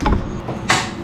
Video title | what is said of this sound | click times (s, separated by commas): 【DIY】怎样安装网红水盆，飞雨瀑布水槽洗碗池网红日式 [水喉教学] how to install meteor shower multifunction sink | then the end of the hose click it like this. You can hear the click and it will not come out | 0.7 s